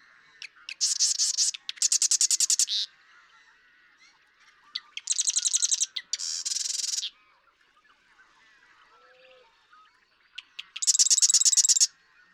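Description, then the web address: Marsh Wren repeating loud, rapid rattling songs, each about a second long, with quiet pauses between them. "birdsongforthecurious Marsh Wren"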